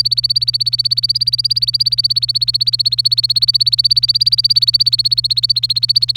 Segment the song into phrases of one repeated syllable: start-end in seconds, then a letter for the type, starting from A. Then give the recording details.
0.00-6.17 A. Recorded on 25 April 2018 at 06:43. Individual llb3